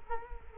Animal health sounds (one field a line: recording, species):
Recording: mosquito wingbeat signal from an infrared sensor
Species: Culex quinquefasciatus